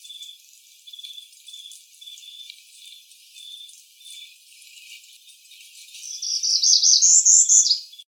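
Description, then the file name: Northern parula song: faint high notes repeat steadily, then a loud, buzzy trill climbs upward and ends abruptly. Recorded on 27 May 2012. "NOPA Ison"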